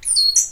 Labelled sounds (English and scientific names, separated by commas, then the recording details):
Stitchbird (Notiomystis cincta) song
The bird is a male
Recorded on Tiritiri Matangi Island, New Zealand, in 2005
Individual 12, of nest box 16